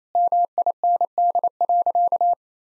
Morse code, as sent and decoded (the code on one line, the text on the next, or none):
-- .. -. -.. .-.-.-
MIND.